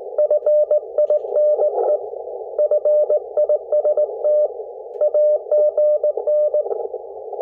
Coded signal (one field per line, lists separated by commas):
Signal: Morse code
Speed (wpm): 18 wpm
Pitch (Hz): 600 Hz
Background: none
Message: FINE FIST AGN